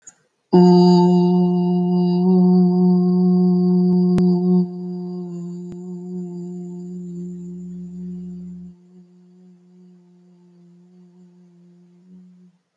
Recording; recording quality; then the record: sustained vowel as in boot; excellent, no background noise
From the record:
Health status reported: healthy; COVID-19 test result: negative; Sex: female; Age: 35 years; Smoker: yes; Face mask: not worn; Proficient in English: yes